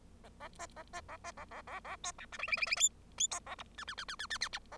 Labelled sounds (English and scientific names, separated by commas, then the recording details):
Bengalese Finch (Lonchura striata domestica) song
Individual Bird0